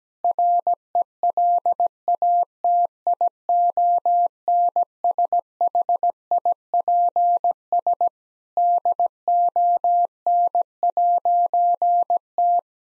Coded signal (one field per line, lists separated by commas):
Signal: Morse code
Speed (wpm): 17 wpm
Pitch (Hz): 700 Hz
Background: none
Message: RELATIONSHIPS DON'T